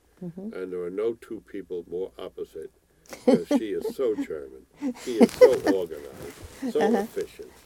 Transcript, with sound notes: And there were no two people more opposite, (laughs) she is so charming. She is so organized, so efficient.